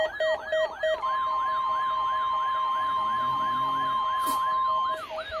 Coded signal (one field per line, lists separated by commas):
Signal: Emergency Alert System (SAME) tones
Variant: 1050 Hz attention tone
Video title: NOAA Required Weekly Tests (EAS #1008-1012)